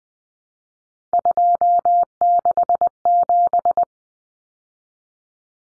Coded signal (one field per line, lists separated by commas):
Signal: Morse code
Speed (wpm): 20 wpm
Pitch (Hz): 700 Hz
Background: none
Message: 267